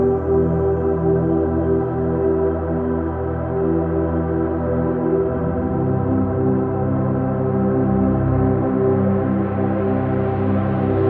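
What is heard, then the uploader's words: Delta sleep brainwaves with binaural beats: a steady, dense drone of many stacked low tones, with nothing above the upper mids. The level holds even throughout, with slow pulsing shifts in the lowest tones around the middle and again near the end. Delta sleep brainwaves, binaural beats.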